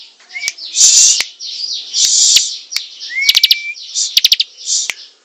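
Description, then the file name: Prinia song of hissy buzzes, short ticking clusters and a rising whistle. Singing vigorously, described as gacor. "prenjak gacor"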